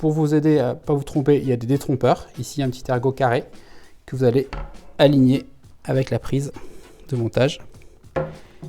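Someone talks while lining up the square keying tab on the motor block's power connector plug with its mating socket on a TEMO·450 electric outboard motor, then begins turning the locking ring. A few faint handling knocks come near the end, around 7.8 s and 8.2 s. Nothing has seated or clicked yet when the clip ends.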